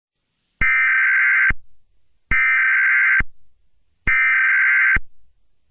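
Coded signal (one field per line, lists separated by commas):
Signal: Emergency Alert System (SAME) tones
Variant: header bursts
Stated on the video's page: Fictional EAS scenario about a tornado outbreak, not representing any real event, made with phone editing apps.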